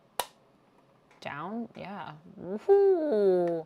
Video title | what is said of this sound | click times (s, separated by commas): Madelyne Pryor The Goblin Queen conquers the X-Men | Yeah. Clicks into place and everything. Love that. | 0.2 s